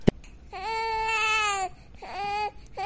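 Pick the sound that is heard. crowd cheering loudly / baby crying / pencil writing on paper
baby crying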